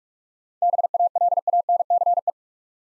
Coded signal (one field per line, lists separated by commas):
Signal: Morse code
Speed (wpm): 46 wpm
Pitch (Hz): 700 Hz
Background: none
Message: BALANCE